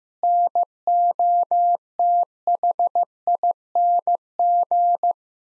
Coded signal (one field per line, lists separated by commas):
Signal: Morse code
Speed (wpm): 15 wpm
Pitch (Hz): 700 Hz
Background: none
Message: NOTHING